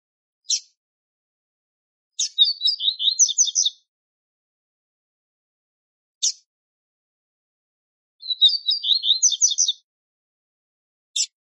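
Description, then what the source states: Double-collared seedeater alternating lone high, sharp notes with two quick twittering phrases of bright chirps, the rest quiet. Male song.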